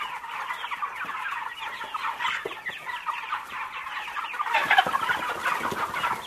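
Chicken flock producing a busy, overlapping chorus of clucks and cackles, growing slightly louder toward the end.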